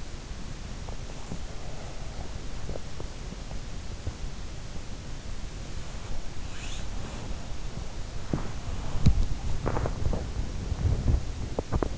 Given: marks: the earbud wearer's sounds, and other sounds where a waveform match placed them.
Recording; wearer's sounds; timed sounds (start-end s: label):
sounds in sleep by an in-ear microphone; body movement, teeth grinding, swallowing
6.42-11.98 s: body movement
8.25-8.51 s: teeth grinding
8.95-9.24 s: teeth grinding
9.52-10.28 s: swallowing
11.42-11.98 s: teeth grinding